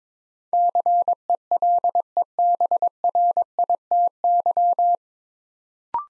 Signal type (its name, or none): Morse code